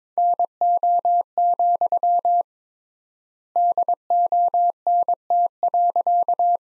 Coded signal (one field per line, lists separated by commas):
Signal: Morse code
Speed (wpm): 22 wpm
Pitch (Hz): 700 Hz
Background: none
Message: NO, DONT.